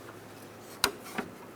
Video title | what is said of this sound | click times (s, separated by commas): How to Replace Nameplate 2007-2012 Nissan Altima | push it until you hear a click, | 0.8 s